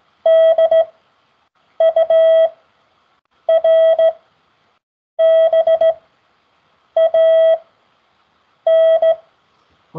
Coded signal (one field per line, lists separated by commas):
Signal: Morse code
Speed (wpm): 16 wpm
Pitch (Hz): 650 Hz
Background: speech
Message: DURBAN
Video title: The forth COOL CW Practice aired on the 19th September 2024